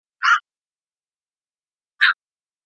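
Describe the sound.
Bird giving two short, rough, noisy call notes about two seconds apart, with silence between.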